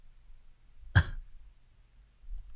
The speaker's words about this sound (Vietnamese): Dạo này từ sau khi bị cái cúm A đó, cái giọng, cái cổ họng nó khan dã man luôn. Cứ đọc lúc là nó khô, nhiều lúc cứ bị ho, anh chị em thông cảm.